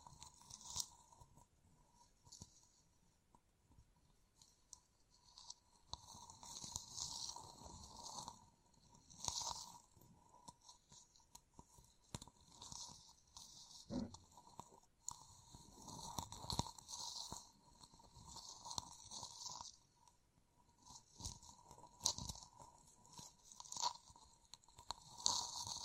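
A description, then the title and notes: Bright scratching and tapping of gem-covered fingertips comes in irregular crinkly bursts throughout, with a faint steady tone beneath and short pauses. ASMR Gem Covered Fingertips Tapping and Scratching (No Talking).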